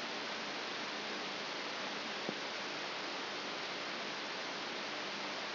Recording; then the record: brain microelectrode recording played as sound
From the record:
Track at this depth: inside the subthalamic nucleus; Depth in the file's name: 4.302 mm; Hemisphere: left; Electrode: 3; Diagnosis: Parkinson's disease